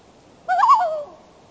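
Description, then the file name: Loon call, one short rising-and-falling wavering note, brief and clear against a quiet background. "Loon Bird"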